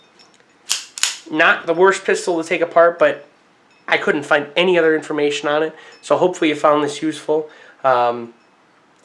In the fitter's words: Make sure your mag goes in, locks in place.